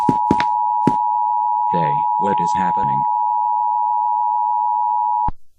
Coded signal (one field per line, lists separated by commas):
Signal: Emergency Alert System (SAME) tones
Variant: 853 and 960 Hz attention tone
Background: speech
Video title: Boris makes a fake EAS alert/Arrested/Grounded